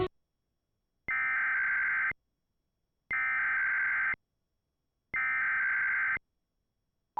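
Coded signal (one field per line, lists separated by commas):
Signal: Emergency Alert System (SAME) tones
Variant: header bursts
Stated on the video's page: Oregon statewide required monthly test relayed by a Sage ENDEC and Chyron Digibox CODI, shown on a Weatherstar 4000 simulator.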